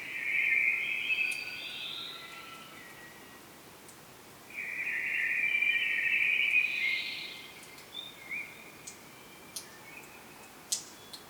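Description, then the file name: Common blackbird giving two drawn-out warbling phrases with a brief rising flourish, then quiet with a few faint clicks and chips. "Turdus merula"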